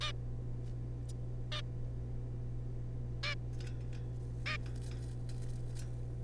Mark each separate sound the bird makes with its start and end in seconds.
0.01-0.12, 1.52-1.61, 3.23-3.35, 4.46-4.57